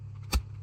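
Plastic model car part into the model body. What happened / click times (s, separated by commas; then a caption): A small plastic part snapped into place / 0.3 s. A plastic part of a 1949 Mercury police patrol scale model car kit from MPC is pressed into place on one side of the model body. A single sharp click sounds at 0.3 s over a steady low hum. The part seats on that side.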